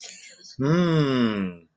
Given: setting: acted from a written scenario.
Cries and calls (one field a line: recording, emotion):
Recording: vocal sound without words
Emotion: amusement